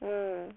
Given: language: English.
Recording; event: throat vibration sensor signal played as sound; speech